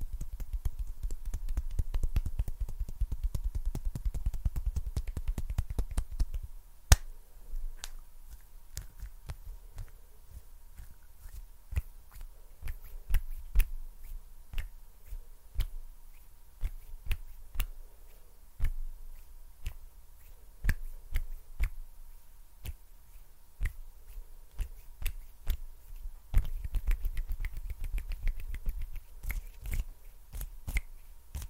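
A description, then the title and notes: Sticky hand sounds and finger snapping come as fast, irregular clicks and smacks throughout. The first six seconds and the last five are dense with a low rumbling flurry of contact, while the middle stretch is sparser, with sharp separate snaps at uneven intervals. STICKY HAND SOUNDS AND FINGER SNAPPING, FAST AND UNPREDICTABLE HAND SOUNDS, NO TALKING.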